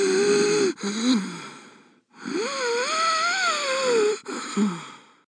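Several wheezy breaths with a whistling, wavering pitch, acted by a middle-aged man.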